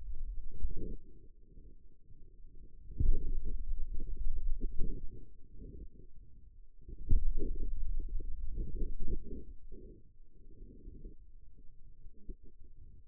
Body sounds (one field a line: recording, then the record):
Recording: forearm muscle sounds (acoustic myography)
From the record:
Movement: finger pinch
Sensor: system 2, bracelet of six BSWA MPA416 microphones around the upper forearm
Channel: 3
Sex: male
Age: 22 years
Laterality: right